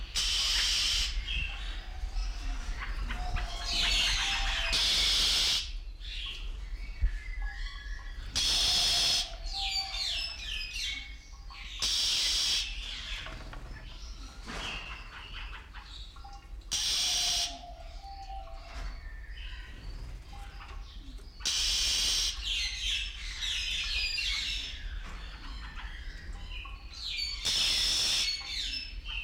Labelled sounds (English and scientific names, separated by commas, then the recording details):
Common Bulbul (Pycnonotus barbatus) call
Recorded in captivity
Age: adult
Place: Zoo Berlin, Berlin, DE
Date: 1993-01-01
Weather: sonnig, -5°C
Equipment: Marantz CP 430, Sennheiser ME 80, Kopie Uher Variocord 263
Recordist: Tembrock, Günter